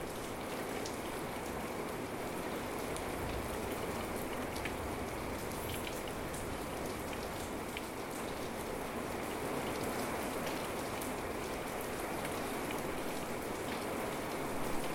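Rain falls steadily on a sunroom at night, a dense, even hiss of countless drops that holds at one level throughout. Scattered brighter ticks of single drops pop out over the wash, and a faint low rumble sits underneath.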